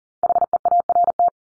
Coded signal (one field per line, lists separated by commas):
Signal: Morse code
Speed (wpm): 40 wpm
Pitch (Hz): 700 Hz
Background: none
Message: HEART